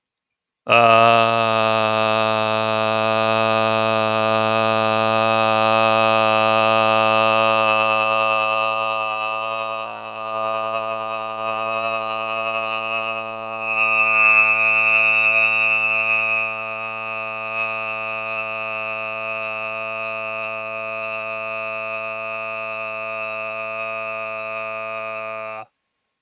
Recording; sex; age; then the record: vowel held as long as possible; male; 30 to 39 years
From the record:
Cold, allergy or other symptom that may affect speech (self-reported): no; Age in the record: 36 years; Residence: Kansas, United States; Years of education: 12